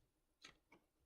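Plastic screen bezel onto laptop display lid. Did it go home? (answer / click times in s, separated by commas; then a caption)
no / none. A plastic screen bezel on an HP 17-AK012NR laptop is handled as it is pressed back onto the display lid. Two short ticking sounds come at about 0.4 s and 0.7 s. Nothing has seated or clicked into place yet.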